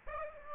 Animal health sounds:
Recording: mosquito wingbeat signal from an infrared sensor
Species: Aedes aegypti

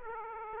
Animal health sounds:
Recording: mosquito wingbeat signal from an infrared sensor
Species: Aedes aegypti

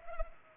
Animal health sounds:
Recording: mosquito wingbeat signal from an infrared sensor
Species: Culex pipiens

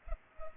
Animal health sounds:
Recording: mosquito wingbeat signal from an infrared sensor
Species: Culex pipiens

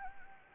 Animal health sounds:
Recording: mosquito wingbeat signal from an infrared sensor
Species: Anopheles gambiae

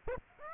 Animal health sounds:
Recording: mosquito wingbeat signal from an infrared sensor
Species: Aedes aegypti

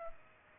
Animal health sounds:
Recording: mosquito wingbeat signal from an infrared sensor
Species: Aedes aegypti

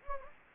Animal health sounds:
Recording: mosquito wingbeat signal from an infrared sensor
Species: Anopheles gambiae

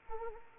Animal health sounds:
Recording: mosquito wingbeat signal from an infrared sensor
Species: Anopheles arabiensis

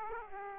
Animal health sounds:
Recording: mosquito wingbeat signal from an infrared sensor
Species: Aedes aegypti

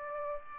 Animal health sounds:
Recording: mosquito wingbeat signal from an infrared sensor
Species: Aedes aegypti

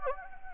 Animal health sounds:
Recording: mosquito wingbeat signal from an infrared sensor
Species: Anopheles gambiae

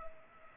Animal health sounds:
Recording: mosquito wingbeat signal from an infrared sensor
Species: Culex pipiens

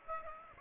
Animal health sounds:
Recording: mosquito wingbeat signal from an infrared sensor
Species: Aedes aegypti

